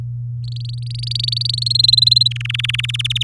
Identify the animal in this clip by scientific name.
Serinus canaria